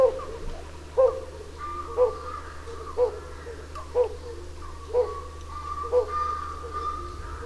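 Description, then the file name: Pallid scops owl producing soft low hoots at an even one-second rhythm, alongside a faint higher tone in the background. Recorded at Takhirkol on 13 April 2011. "pallscoowl-1-S takhirkol-aue"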